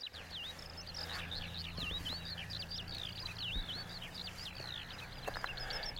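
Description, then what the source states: Eurasian skylark song, a continuous high, rapid stream of warbled and trilled notes without pause, over a low steady hum. Heard live by the roadside in a field area in Scotland.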